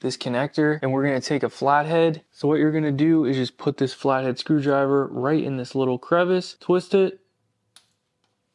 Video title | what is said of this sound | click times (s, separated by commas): Easily Replace Rear Brake Pads and Rotors on 2019 - 2025 Audi Q3 (Retract Electronic Parking Brake) | till you hear a click and then we can pull it right out just put that off to the side now we have this wire | 7.8 s